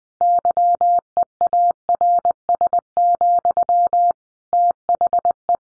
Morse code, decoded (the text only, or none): YEARS, THE